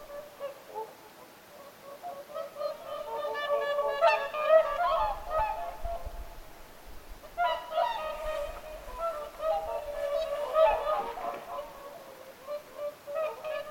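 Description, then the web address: Whooper swans in a noisy chorus, swelling waves of overlapping trumpeting honks, louder outbursts around the middle and later, calling continuous. Whooper swans calling at Lintulahti, 6 November 2025. "paivat 6 11 2025 laulujoutsenten aantelya lintulahdella"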